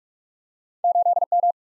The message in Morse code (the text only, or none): 8 M